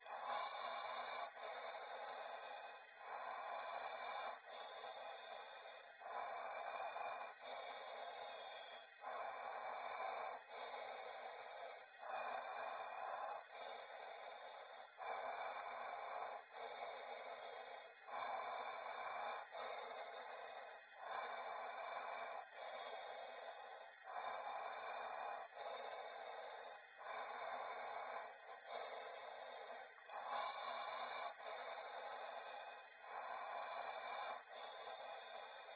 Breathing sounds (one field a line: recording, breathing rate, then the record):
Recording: paced breathing near a phone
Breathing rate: 20 breaths a minute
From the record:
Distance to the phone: 20 cm